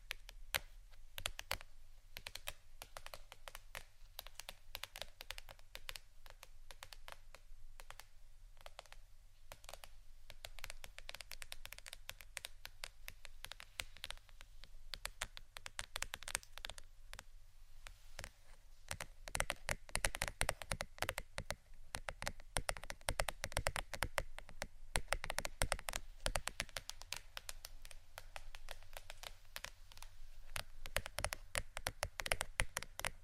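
Soft tapping runs steadily for the whole recording, a dense patter of light, crisp clicks like fingertips on a hard surface. The taps grow busier and a little louder after about eighteen seconds, over a faint low hum.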